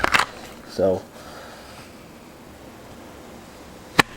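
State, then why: Seated. Someone talks briefly as a handgun is pushed into a Kydex appendix (AIWB) holster with adjustable retention set to the owner's preference. A sharp click at 4.0 s marks the retention snapping over the trigger guard, and the gun is firmly seated.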